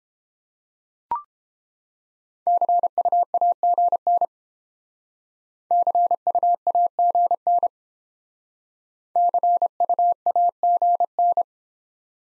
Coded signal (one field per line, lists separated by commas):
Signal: Morse code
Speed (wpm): 30 wpm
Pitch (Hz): 700 Hz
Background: none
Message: CUAGN CUAGN CUAGN